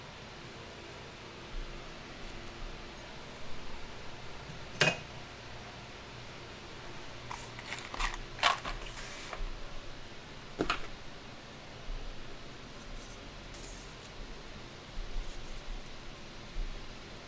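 Quiet candle dressing, shuffling and cutting over a steady low hiss. Soft rustles come and go, broken by a few sharp clicks or snips near five, eight and eleven seconds. Long stretches between them stay nearly still.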